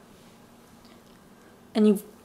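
A metal snap fastener backing is handled against its stud on a cosplay horn base, to be attached to a wig, over a low steady background hum. Near the end, around 1.8 s, someone talks briefly. Nothing has seated or clicked yet.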